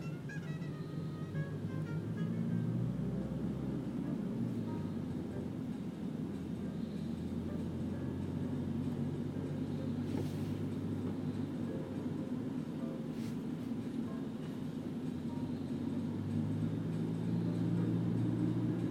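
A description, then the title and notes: Inside a cab, a steady low engine and road rumble fill the ride, with faint radio music underneath and brief clicks around ten and thirteen seconds. Cab on way to NYC flight and Berlin Jazz Radio.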